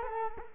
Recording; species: mosquito wingbeat signal from an infrared sensor; Culex quinquefasciatus